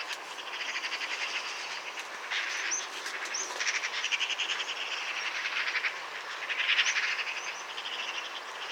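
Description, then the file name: Eurasian magpie making a scratchy rattling chatter in several uneven bursts, with brief high chirps scattered through. "Pica pica"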